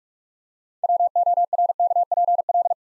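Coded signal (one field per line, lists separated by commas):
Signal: Morse code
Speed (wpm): 44 wpm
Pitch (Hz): 700 Hz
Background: none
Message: WORKPL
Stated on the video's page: Morse practice at 45 wpm building 9-letter words three letters at a time, for instant character recognition.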